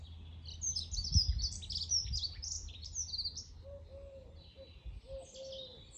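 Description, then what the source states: Birds give a busy run of high chirping phrases, then quieter twitters, while soft cooing notes enter toward the end over low background rumble. Birds singing in the morning.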